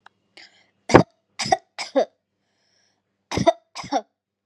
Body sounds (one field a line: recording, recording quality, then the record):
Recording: shallow voluntary cough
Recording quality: excellent, no background noise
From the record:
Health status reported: COVID-19 positive, mild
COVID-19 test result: positive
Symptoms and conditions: fatigue, muscle pain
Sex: female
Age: 25 years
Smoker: not ticked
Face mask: not worn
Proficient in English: yes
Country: India